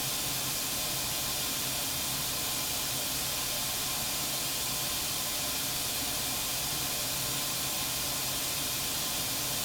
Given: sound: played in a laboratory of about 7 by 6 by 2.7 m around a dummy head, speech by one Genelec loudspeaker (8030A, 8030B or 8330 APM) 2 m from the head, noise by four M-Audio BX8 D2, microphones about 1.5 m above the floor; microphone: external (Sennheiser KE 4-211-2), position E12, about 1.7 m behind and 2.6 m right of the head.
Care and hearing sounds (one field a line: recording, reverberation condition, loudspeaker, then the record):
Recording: white noise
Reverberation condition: low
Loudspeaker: four, about 170 cm from the corners of the room and facing them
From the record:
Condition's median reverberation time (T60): about 310 ms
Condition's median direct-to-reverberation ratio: about 3.5 dB